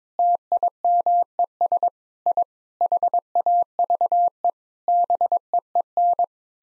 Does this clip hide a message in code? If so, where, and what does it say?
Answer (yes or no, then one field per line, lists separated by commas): yes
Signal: Morse code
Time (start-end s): 0.2-6.2 s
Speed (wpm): 22 wpm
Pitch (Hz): 700 Hz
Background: none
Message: TIMES I HAVE BEEN